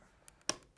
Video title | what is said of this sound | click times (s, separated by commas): Replacing the Gas Cylinder on a Steelcase Criterion Chair | push down on our black housing snaps into place | 0.5 s